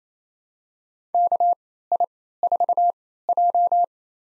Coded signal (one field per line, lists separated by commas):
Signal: Morse code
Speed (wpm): 29 wpm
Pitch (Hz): 700 Hz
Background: none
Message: KI4J